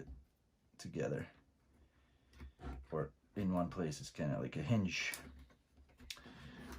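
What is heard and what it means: A wooden hinge pin is pushed through the holes for the hood of a Ugears Heavy Boy Truck VM-03 plywood mechanical model kit while someone talks. A short, sharp click is heard at 6.1 s. The pin is not all the way in, so it is pulled off to be redone.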